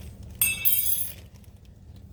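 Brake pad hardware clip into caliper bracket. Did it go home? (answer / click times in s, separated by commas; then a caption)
yes / 0.4 s. A new steel brake pad hardware clip is pressed into the rear caliper bracket of a 2013 Hyundai Elantra and snaps into place at 0.4 s with a sharp, bright metallic clink. A thin high ringing trails off by about 1.2 s over a steady low hum. The clip is seated and good.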